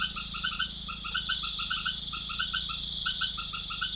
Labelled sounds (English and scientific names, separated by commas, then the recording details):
none
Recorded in pastures near Puerto Asís, Putumayo, Colombia, on 12 March 2025 at 18:30
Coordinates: 0.505, -76.324
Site GP08